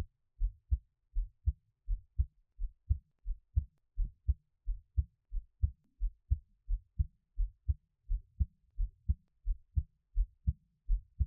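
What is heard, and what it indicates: Soft, deep lub-dub heartbeats of an adult repeat steadily at roughly 85 beats a minute, each pair a low dull thump followed by a slightly sharper one. It is quiet and close, with no speech or noticeable background sound.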